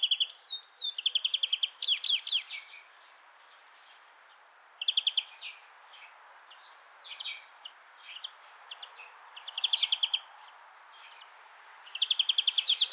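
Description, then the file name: European greenfinch giving bursts of fast buzzy trills and slurred notes, with quiet gaps of up to about two seconds between phrases. "Chloris chloris"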